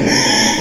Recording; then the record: squeal of a Yucatan mini pig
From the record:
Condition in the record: before surgery on the right vocal fold (resection and tissue-engineered implant); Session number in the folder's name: 2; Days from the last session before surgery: 0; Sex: male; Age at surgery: 12 weeks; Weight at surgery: 13 kg